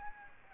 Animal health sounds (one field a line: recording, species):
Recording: mosquito wingbeat signal from an infrared sensor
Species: Aedes aegypti